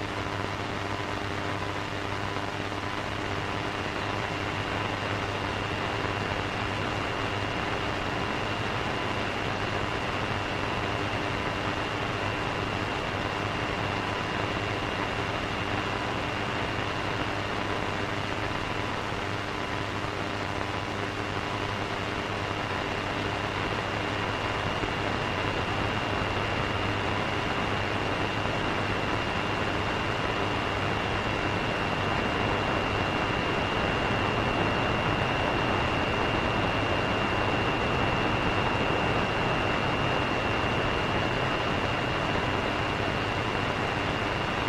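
Radio interference fills the whole 45 seconds as a dense, unbroken hiss with a low hum underneath. Several steady tones ride on top, including a high whine that holds throughout, while the level barely changes from start to finish.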